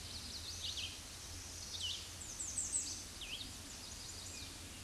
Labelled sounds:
American Redstart (Setophaga ruticilla) song
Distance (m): 35 m
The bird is about 10 m above the microphone
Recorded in a Pennsylvania forest on 16 May 2024 at 07:05
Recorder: AudioMoth, point MSD-2345
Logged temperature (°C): 15.5 °C
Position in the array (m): 104 m, 234 m

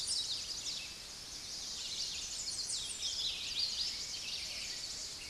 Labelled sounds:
Chestnut-sided Warbler (Setophaga pensylvanica) song
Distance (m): 20 m
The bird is about level with the microphone
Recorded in a Pennsylvania forest on 16 May 2024 at 09:42
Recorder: AudioMoth, point MSD-0407
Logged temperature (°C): 15.8 °C
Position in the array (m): 58 m, 158 m

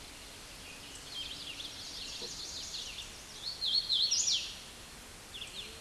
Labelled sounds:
Hooded Warbler (Setophaga citrina) song
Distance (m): 10 m
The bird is about 10 m above the microphone
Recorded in a Pennsylvania forest on 16 May 2024 at 09:36
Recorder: AudioMoth, point MSD-2181
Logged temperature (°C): 12.8 °C
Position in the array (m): 166 m, 114 m

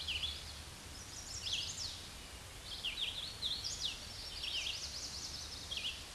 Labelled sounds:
Hooded Warbler (Setophaga citrina) song
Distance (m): 20 m
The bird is about 10 m above the microphone
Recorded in a Pennsylvania forest on 16 May 2024 at 07:36
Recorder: AudioMoth, point MSD-2258
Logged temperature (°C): 15.2 °C
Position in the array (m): 163 m, 95 m

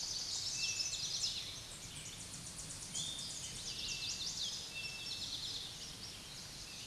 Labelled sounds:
Chestnut-sided Warbler (Setophaga pensylvanica) song
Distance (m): 60 m
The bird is about level with the microphone
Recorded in a Pennsylvania forest on 16 May 2024 at 06:25
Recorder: AudioMoth, point MSD-2306
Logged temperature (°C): 15.6 °C
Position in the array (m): 11 m, 18 m

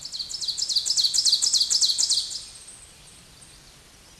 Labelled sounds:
Ovenbird (Seiurus aurocapilla) song
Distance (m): 10 m
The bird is about 5 m below the microphone
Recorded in a Pennsylvania forest on 16 May 2024 at 07:23
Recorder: AudioMoth, point MSD-0475
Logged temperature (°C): 12.3 °C
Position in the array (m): 150 m, -7 m

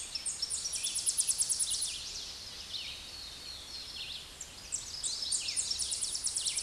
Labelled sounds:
Tennessee Warbler (Leiothlypis peregrina) song
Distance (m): 25 m
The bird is about 15 m above the microphone
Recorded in a Pennsylvania forest on 16 May 2024 at 08:30
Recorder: AudioMoth, point MSD-2305
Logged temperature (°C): 16.9 °C
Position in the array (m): 73 m, 203 m

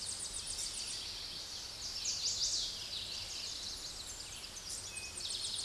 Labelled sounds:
Chestnut-sided Warbler (Setophaga pensylvanica) song
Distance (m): 10 m
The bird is about level with the microphone
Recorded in a Pennsylvania forest on 16 May 2024 at 07:11
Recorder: AudioMoth, point MSD-1534
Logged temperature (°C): 15.6 °C
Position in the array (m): 35 m, 30 m

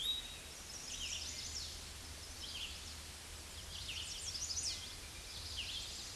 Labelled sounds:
Red-eyed Vireo (Vireo olivaceus) song
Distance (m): 25 m
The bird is about 5 m above the microphone
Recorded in a Pennsylvania forest on 16 May 2024 at 07:31
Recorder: AudioMoth, point MSD-0079
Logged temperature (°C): 16.1 °C
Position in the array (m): 179 m, 75 m

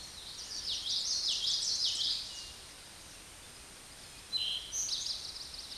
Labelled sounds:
Eastern Towhee (Pipilo erythrophthalmus) song
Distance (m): 15 m
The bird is about 5 m above the microphone
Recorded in a Pennsylvania forest on 16 May 2024 at 09:09
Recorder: AudioMoth, point MSD-2320
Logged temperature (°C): 12.8 °C
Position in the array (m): 203 m, 176 m

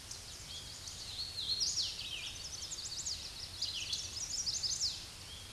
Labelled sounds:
Hooded Warbler (Setophaga citrina) song
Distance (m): 30 m
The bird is about 10 m above the microphone
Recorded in a Pennsylvania forest on 16 May 2024 at 07:16
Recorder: AudioMoth, point MSD-2208
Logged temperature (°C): 15.2 °C
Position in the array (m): 131 m, 114 m

